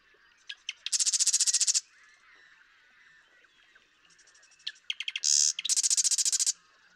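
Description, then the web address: Marsh Wren song: two loud, rapid reeling trills, each opened by sharp clicking notes, with a quiet gap between them. "birdsongforthecurious Marsh Wren"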